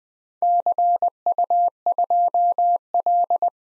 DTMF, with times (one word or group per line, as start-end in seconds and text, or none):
none